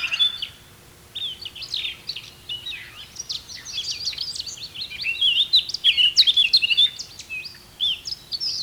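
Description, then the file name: Eurasian blackcap song, a busy stream of twittering and whistled phrases that becomes denser and louder past the midpoint. "Sylvia atricapilla"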